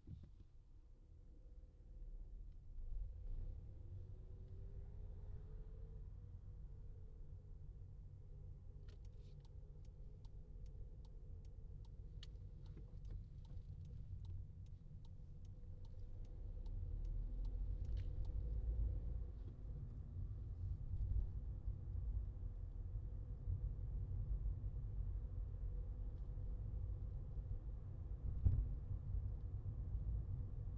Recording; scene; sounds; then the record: everyday scene through a hearing-aid microphone; in a vehicle; engine, highway traffic jam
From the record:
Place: Skoda Fabia, gasoline engine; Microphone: in the ear canal, left